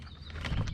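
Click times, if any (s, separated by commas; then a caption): 0.3 s, 0.5 s, 0.7 s. The last course of vinyl siding is pushed up into the utility/J-channel trim strip, so no finish nails are needed on the final piece. Clicks are heard at 0.3, 0.5 and 0.7 seconds over a low rumble as the panel locks in and seats.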